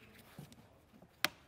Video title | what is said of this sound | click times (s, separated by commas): 2015-2021 Mercedes-Benz W205 Control Arm Replacement DIY (C300, C400, C43 AMG, & C450 AMG) | that's all locked up we're done with under the hood now we're going to torque | 1.2 s